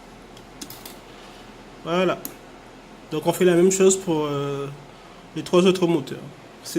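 A plastic clip-on propeller guard on a Parrot Anafi drone's motor arm has its two halves spread apart and is pulled off. Short plastic clicks at 0.6 and 0.7 s mark the guard coming free and off. Someone then talks.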